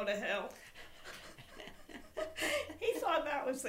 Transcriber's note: laughs